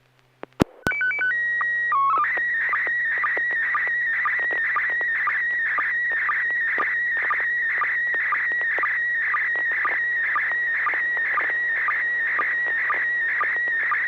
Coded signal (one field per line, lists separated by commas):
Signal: SSTV (slow-scan television)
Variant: PD 120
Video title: N6NA SSTV Net - 04/17/2024